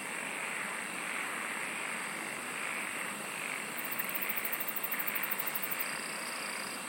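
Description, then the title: Insects chirring: a steady high-pitched drone, then a quick run of sharp pulses lasting about two seconds near the end, over an even hiss. "SINGING OF INSECTS"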